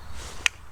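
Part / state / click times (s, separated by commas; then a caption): spray head onto portable pressure washer lance / seated / 0.5 s. A spray head is fitted onto a portable pressure washer lance; it only goes on one way. Against a low background rumble, a single sharp click rings out at 0.5 s as it snaps into place. The spray head is seated on the lance.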